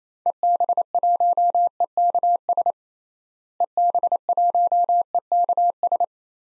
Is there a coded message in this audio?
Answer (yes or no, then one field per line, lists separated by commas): yes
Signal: Morse code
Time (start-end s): 0.3-6.0 s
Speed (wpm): 28 wpm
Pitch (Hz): 700 Hz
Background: none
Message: EB1EKS EB1EKS